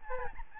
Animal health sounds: mosquito wingbeat signal from an infrared sensor; Aedes albopictus

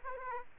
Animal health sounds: mosquito wingbeat signal from an infrared sensor; Aedes aegypti

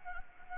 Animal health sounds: mosquito wingbeat signal from an infrared sensor; Anopheles gambiae

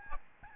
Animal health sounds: mosquito wingbeat signal from an infrared sensor; Aedes albopictus

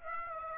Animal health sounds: mosquito wingbeat signal from an infrared sensor; Aedes aegypti

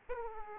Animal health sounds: mosquito wingbeat signal from an infrared sensor; Aedes aegypti

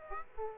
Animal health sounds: mosquito wingbeat signal from an infrared sensor; Aedes aegypti

